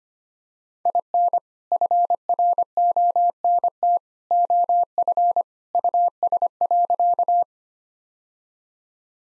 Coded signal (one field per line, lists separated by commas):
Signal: Morse code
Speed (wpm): 25 wpm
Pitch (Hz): 700 Hz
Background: none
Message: IN FRONT OF US.